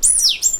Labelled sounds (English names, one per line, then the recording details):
Stitchbird song
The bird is a male
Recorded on Tiritiri Matangi Island, New Zealand, in 2005
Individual 2, of nest box 2